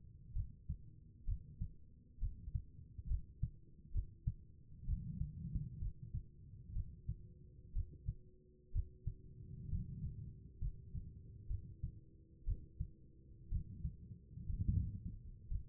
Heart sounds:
heart sounds by stethoscope; 63 bpm
0.33 s: heartbeat
1.25 s: heartbeat
2.19 s: heartbeat
3.07 s: heartbeat
3.92 s: heartbeat
4.85 s: heartbeat
5.79 s: heartbeat
6.73 s: heartbeat
7.73 s: heartbeat
8.72 s: heartbeat
9.69 s: heartbeat
10.59 s: heartbeat
11.47 s: heartbeat
12.45 s: heartbeat
13.49 s: heartbeat
14.46 s: heartbeat
15.48 s: heartbeat
From the record:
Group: healthy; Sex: female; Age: 36 years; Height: 163 cm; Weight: 88 kg

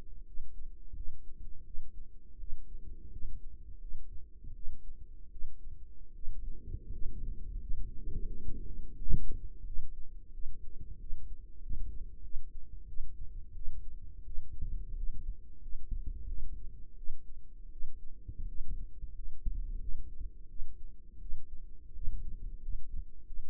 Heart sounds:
heart sounds by microphone in the right ear; 86 bpm
0.25 s: heartbeat
0.94 s: heartbeat
1.64 s: heartbeat
2.38 s: heartbeat
3.11 s: heartbeat
3.79 s: heartbeat
4.54 s: heartbeat
5.30 s: heartbeat
6.14 s: heartbeat
6.91 s: heartbeat
7.59 s: heartbeat
8.25 s: heartbeat
8.95 s: heartbeat
9.65 s: heartbeat
10.32 s: heartbeat
10.99 s: heartbeat
11.60 s: heartbeat
12.22 s: heartbeat
12.87 s: heartbeat
13.54 s: heartbeat
14.25 s: heartbeat
14.95 s: heartbeat
15.61 s: heartbeat
16.26 s: heartbeat
16.96 s: heartbeat
17.71 s: heartbeat
18.47 s: heartbeat
19.13 s: heartbeat
19.79 s: heartbeat
20.48 s: heartbeat
21.20 s: heartbeat
21.93 s: heartbeat
22.61 s: heartbeat
23.25 s: heartbeat
From the record:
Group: healthy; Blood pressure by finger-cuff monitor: 100/57 mmHg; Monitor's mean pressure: 70 mmHg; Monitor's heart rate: 86 bpm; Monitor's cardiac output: 7.5 L/min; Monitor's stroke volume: 87 mL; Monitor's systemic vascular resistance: 650 dyn s/cm5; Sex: female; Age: 22 years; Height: 157 cm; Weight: 47.6 kg

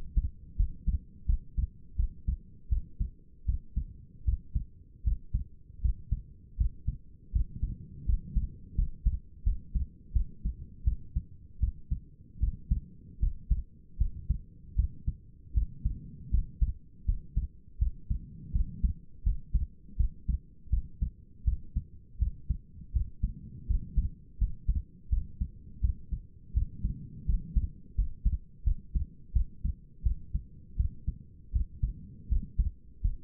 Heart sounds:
heart sounds by stethoscope; 81 bpm
0.57 s: heartbeat
1.26 s: heartbeat
1.97 s: heartbeat
2.69 s: heartbeat
3.46 s: heartbeat
4.25 s: heartbeat
5.04 s: heartbeat
5.81 s: heartbeat
6.57 s: heartbeat
7.32 s: heartbeat
8.06 s: heartbeat
8.75 s: heartbeat
9.44 s: heartbeat
10.13 s: heartbeat
10.84 s: heartbeat
11.60 s: heartbeat
12.40 s: heartbeat
13.20 s: heartbeat
13.98 s: heartbeat
14.76 s: heartbeat
15.54 s: heartbeat
16.31 s: heartbeat
17.06 s: heartbeat
17.79 s: heartbeat
18.52 s: heartbeat
19.23 s: heartbeat
19.97 s: heartbeat
20.70 s: heartbeat
21.45 s: heartbeat
22.19 s: heartbeat
22.93 s: heartbeat
23.67 s: heartbeat
24.38 s: heartbeat
25.10 s: heartbeat
25.81 s: heartbeat
26.54 s: heartbeat
27.26 s: heartbeat
27.95 s: heartbeat
28.64 s: heartbeat
29.33 s: heartbeat
30.03 s: heartbeat
30.77 s: heartbeat
31.52 s: heartbeat
32.29 s: heartbeat
33.01 s: heartbeat
From the record:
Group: healthy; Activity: rest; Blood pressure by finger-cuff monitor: 133/85 mmHg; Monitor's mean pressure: 99 mmHg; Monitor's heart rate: 81 bpm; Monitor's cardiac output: 5.8 L/min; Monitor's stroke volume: 71 mL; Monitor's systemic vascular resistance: 1230 dyn s/cm5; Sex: female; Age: 37 years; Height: 168 cm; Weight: 70 kg

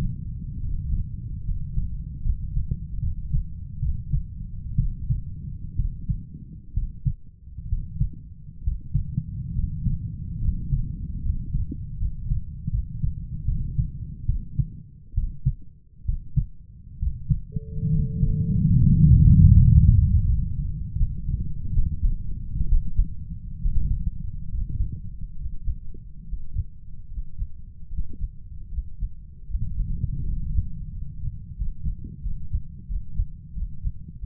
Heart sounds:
heart sounds by stethoscope; 73 bpm
0.60 s: heartbeat
1.43 s: heartbeat
2.22 s: heartbeat
2.99 s: heartbeat
3.79 s: heartbeat
4.76 s: heartbeat
5.76 s: heartbeat
6.73 s: heartbeat
7.68 s: heartbeat
8.63 s: heartbeat
9.54 s: heartbeat
10.40 s: heartbeat
11.22 s: heartbeat
11.97 s: heartbeat
12.69 s: heartbeat
13.45 s: heartbeat
14.25 s: heartbeat
15.14 s: heartbeat
16.05 s: heartbeat
16.98 s: heartbeat
17.90 s: heartbeat
18.77 s: heartbeat
19.53 s: heartbeat
20.25 s: heartbeat
20.96 s: heartbeat
21.72 s: heartbeat
22.68 s: heartbeat
23.60 s: heartbeat
24.49 s: heartbeat
25.35 s: heartbeat
26.23 s: heartbeat
27.07 s: heartbeat
27.89 s: heartbeat
28.68 s: heartbeat
29.45 s: heartbeat
30.21 s: heartbeat
30.89 s: heartbeat
31.56 s: heartbeat
32.21 s: heartbeat
32.86 s: heartbeat
33.53 s: heartbeat
34.19 s: heartbeat
From the record:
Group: healthy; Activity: rest 0-17 s, Valsalva maneuver 17-34 s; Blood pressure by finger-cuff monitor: 113/63 mmHg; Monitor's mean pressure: 82 mmHg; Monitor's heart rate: 68 bpm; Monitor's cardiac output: 7.3 L/min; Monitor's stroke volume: 102 mL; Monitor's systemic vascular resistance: 730 dyn s/cm5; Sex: male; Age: 23 years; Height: 178 cm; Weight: 96.6 kg

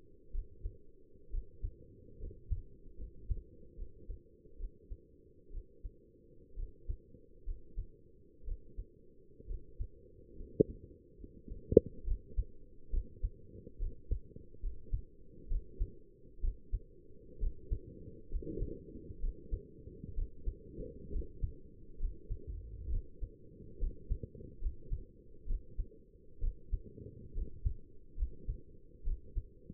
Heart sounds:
heart sounds by stethoscope; 67 bpm
0.33 s: heartbeat
1.32 s: heartbeat
2.20 s: heartbeat
2.99 s: heartbeat
3.77 s: heartbeat
4.59 s: heartbeat
5.52 s: heartbeat
6.57 s: heartbeat
7.46 s: heartbeat
8.46 s: heartbeat
9.48 s: heartbeat
10.38 s: heartbeat
11.19 s: heartbeat
12.06 s: heartbeat
12.92 s: heartbeat
13.80 s: heartbeat
14.62 s: heartbeat
15.50 s: heartbeat
16.42 s: heartbeat
17.41 s: heartbeat
18.31 s: heartbeat
19.22 s: heartbeat
20.16 s: heartbeat
21.12 s: heartbeat
22.00 s: heartbeat
22.91 s: heartbeat
23.80 s: heartbeat
24.62 s: heartbeat
25.48 s: heartbeat
26.42 s: heartbeat
27.35 s: heartbeat
28.18 s: heartbeat
29.05 s: heartbeat
From the record:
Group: healthy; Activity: rest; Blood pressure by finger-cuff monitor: 103/62 mmHg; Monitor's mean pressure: 75 mmHg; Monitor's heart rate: 67 bpm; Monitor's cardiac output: 6.2 L/min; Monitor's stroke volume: 93 mL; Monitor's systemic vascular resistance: 830 dyn s/cm5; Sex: male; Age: 22 years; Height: 181 cm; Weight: 79 kg

